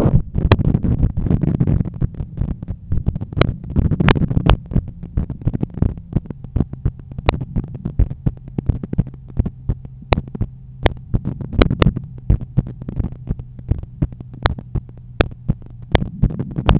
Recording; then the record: heart sounds by stethoscope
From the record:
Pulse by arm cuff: 82 bpm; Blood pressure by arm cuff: 129/85 mmHg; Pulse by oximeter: 85 bpm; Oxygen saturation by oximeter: 98%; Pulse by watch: 85 bpm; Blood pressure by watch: 126/80 mmHg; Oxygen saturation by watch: 96%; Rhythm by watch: sinus rhythm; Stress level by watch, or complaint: low stress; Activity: after 5 min smoking and 1 beer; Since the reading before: plus 4300 steps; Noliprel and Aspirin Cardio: after pills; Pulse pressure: 44 mmHg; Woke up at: 7:50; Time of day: 21:45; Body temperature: 36.5 C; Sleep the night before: 7 h 52 min, score 75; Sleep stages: REM 24%, light 55%, deep 12%, awake 9%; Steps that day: 9500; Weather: clear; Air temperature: 17.3 C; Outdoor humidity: 73%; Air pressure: 1013 hPa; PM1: 5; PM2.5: 9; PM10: 10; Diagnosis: hypertension, treated with Noliprel and Aspirin Cardio 100 mg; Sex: male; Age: 53 years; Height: 174 cm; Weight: 81 kg